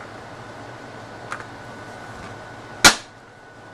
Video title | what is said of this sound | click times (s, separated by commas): autohelm raymarine st4000 wheel drive repair 10 | heard it snap. See, now it's all in place. | 1.3 s, 1.4 s